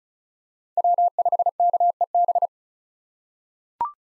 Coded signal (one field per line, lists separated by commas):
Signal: Morse code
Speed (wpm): 36 wpm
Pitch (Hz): 700 Hz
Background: none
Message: W5KEB